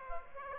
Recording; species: mosquito wingbeat signal from an infrared sensor; Aedes aegypti